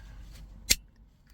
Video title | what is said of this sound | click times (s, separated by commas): VW repairs and mods 👌 highonboost | there we go nice snap in place and they're back in there | 0.7 s